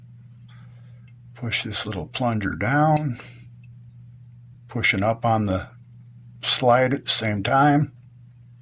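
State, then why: Not seated. During reassembly of a PSA Dagger polymer-frame pistol after swapping its stock trigger for an Apex trigger, the striker-block plunger is pressed down while the metal slide is pushed up onto the frame. Someone talks, with faint small handling sounds in the pauses. Nothing has seated or clicked yet; the slide is not yet home on the frame.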